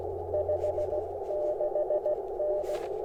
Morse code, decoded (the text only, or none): 56N